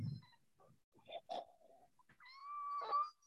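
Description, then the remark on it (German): A voice imitates the lung sounds of COPD, end-expiratory wheezing with prolonged expiration and rhonchi: a few breathy, squeaky bursts, then a long, sustained high-pitched whistling wheeze that swells louder near the end, with no words spoken. “Endexpiratorisches Giemen. Verlängertes Expirium. Und Brummen.”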